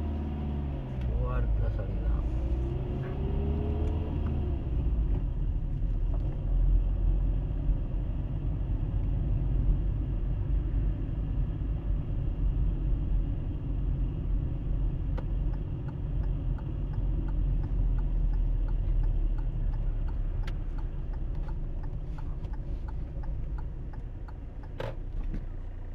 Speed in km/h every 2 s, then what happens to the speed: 8, 18, 20, 21, 23, 23, 22, 21, 20, 17, 14, 12, 0.
0-3 speeds up to 20. 3-10 steady at about 21. 10-24 slows to 0.